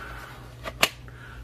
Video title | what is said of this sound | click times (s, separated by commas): Every Day Carry.....2021 Channel Update | you hear that click so it's just even though it's a pretty large gun it's really comfortable to carry this one | 0.8 s